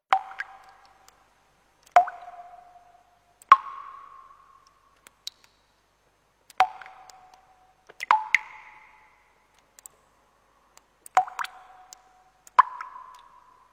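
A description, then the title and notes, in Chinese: Water drips fall one at a time, each a clear, hollow plop with a short ringing tail, landing every second or two in an uneven rhythm. Their pitch shifts slightly from drop to drop. Faint ticks sit between them in otherwise silence. 滴水声音 大自然的声音。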